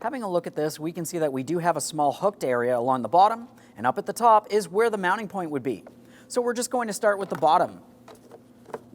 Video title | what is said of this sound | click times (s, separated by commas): How to Replace Front Power Window Motor & Regulator Assemblies 2003-2008 Toyota Matrix | We're lining this up. Press it in. After an audible click, we'll just make sure that's secured in place. | 8.7 s